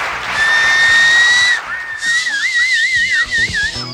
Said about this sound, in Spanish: ¿Quieren dar un chiflido?